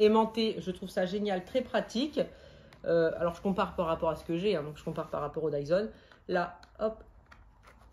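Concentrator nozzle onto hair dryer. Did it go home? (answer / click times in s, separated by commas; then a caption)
yes / 7.3 s. A plastic concentrator nozzle is pushed onto the front of a hair dryer, the second dryer being compared, while someone talks for most of the clip. After the talking stops, a short, sharp click is heard at 7.3 seconds as the nozzle clips on easily and seats in place.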